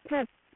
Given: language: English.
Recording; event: throat vibration sensor signal played as sound; speech